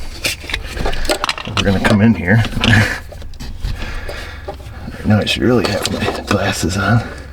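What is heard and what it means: Someone talks while working on a crimped metal terminal pin in a plastic tail light wiring connector housing, trying to release it to move it from one cavity to another. Brief handling ticks are heard around 0.5 s, 1.1–1.4 s and 3.2–3.3 s. Nothing has seated or clicked yet.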